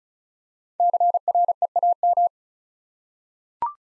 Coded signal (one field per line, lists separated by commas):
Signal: Morse code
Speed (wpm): 34 wpm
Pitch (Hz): 700 Hz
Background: none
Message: CREAM